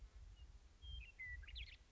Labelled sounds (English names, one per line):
Western Meadowlark